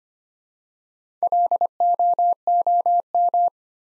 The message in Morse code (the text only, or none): LOOM